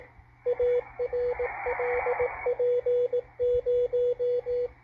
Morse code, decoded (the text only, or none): ARLP0